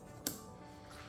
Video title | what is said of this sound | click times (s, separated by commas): 2017-2019 BUICK ENCORE 1.4L Turbo - Service Bad Mass Air Flow Sensor (MAFS) and Air Filter | And now you're going to lock this down. | 0.3 s